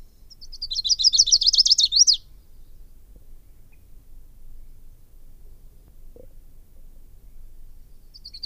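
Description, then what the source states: Lucy's warbler song, a fast, high trill lasting nearly two seconds, followed by silence and the start of another trill at the very end. Recorded in 1997.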